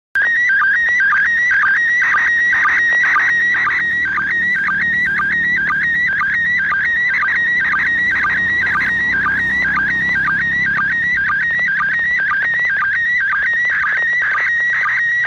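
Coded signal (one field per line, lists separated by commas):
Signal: SSTV (slow-scan television)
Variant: PD 120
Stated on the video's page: SSTV from the International Space Station on 145.800 MHz, received on a PILOT 144H handheld radio with a 10-element antenna.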